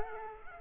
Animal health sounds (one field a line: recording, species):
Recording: mosquito wingbeat signal from an infrared sensor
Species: Culex quinquefasciatus